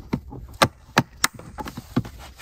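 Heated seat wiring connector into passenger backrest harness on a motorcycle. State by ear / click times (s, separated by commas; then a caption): seated / 1.0 s. On a 2021+ Goldwing Tour motorcycle, the heated seat wiring connector for the passenger backrest is pushed together by hand while the backrest is tipped forward. A series of short, sharp clicks and knocks is heard, with the connector snapping into place at 1.0 s. The connector ends up seated.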